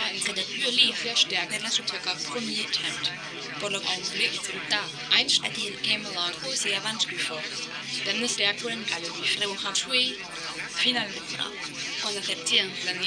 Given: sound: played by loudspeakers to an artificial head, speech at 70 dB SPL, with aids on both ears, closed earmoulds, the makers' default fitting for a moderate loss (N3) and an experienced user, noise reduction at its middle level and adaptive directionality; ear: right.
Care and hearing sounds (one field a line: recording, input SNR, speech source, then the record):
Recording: speech test signal (ISTS) in cocktail-party noise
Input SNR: 0 dB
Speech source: in front (0 degrees)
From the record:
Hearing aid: class 2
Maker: A